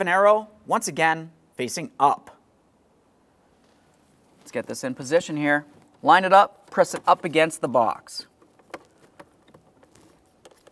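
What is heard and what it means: A plastic cabin air filter access cover on a 2015-2019 Subaru Outback is lined up and pressed against the HVAC box while someone talks. After the talk, a few faint sharp ticks are heard near 8.7 s and 9.2 s. The cover has not seated or clicked into place yet.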